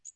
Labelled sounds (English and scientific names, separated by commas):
Magnolia Warbler (Setophaga magnolia) flight call